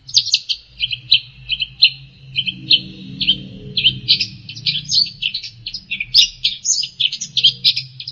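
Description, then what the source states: Long-tailed shrike song: a continuous run of varied chirps and short whistled notes, high and rapid, with a faint low hum beneath. Master song recording used for training songbirds.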